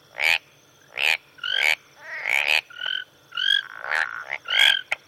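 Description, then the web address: Frogs calling in several short harmonic croaking bursts, some tonal, with a faint steady insect hum underneath. Early evening tropical rain forest in Rwanda, with marsh frogs, tree frogs and insects calling. "BBC Africa Rwanda. tropical rain forest atmosphere with marsh and tree frogs and insects"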